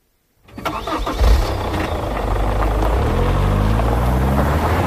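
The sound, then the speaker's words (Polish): An off-road vehicle's engine cranks and catches after a moment of silence, roaring up briefly before settling into a steady, rumbling low idle that continues to the end. “dopiero gdy usłyszał dźwięk odpalanego silnika terenówki, odważył się wyjść”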